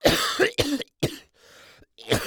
Human Male Coughing Violent.